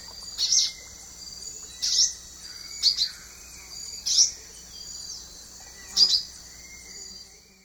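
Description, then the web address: Silver-beaked tanager giving loud, bright chirped notes about every second or two, some doubled, above a continuous shrill insect buzz. Recorded in the eastern lowlands of South America. "Natures Songs S America Eastern Lowlands Silver-beaked Tanager"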